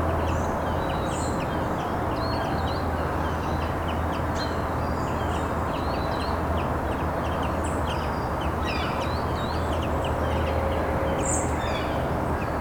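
Early morning through an open window: many birds sing and chirp in a garden, their short bright calls scattered densely across the whole clip. Underneath runs a steady low rumble of traffic and harbour machinery, unchanging throughout.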